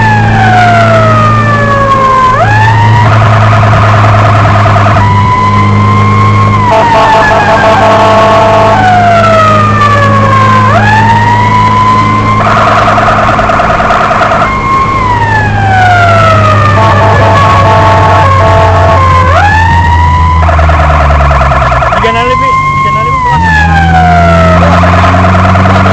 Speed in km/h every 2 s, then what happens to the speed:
80, 80, 77, 75, 76, 76, 77, 77, 75, 70, 52, 46, 43.
0-15 steady at about 77. 15-23 brakes to 43.